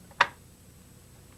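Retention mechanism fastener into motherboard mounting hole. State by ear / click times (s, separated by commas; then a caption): seated / 0.2 s. A plastic fastener of a CPU retention mechanism is pushed through a motherboard mounting hole. A single sharp snap is heard at 0.2 seconds against a quiet, low background hum, and the fastener seats in place.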